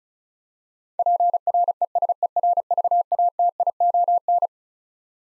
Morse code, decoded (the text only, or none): PRESERVATION